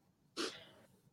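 One abrupt, forceful cough with a sharp onset and a brief, fading breathy tail, from an adult swimmer recovering from COVID after fever, body aches and headaches, now left with only a cough bringing up thick phlegm; its sound suggests the serious symptoms are almost over.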